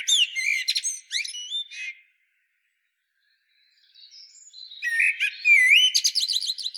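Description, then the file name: Common blackbird: shrill twittered notes in two short groups, a pause, then a run of squeaky whistles and chirps. "Turdus merula"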